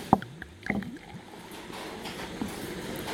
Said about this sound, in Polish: Zatem nalewam trzecie piwo.